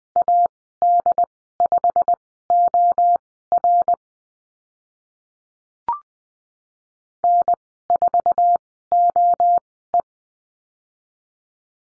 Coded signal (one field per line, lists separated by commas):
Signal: Morse code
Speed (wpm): 20 wpm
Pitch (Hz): 700 Hz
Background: none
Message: AD5OR N4OE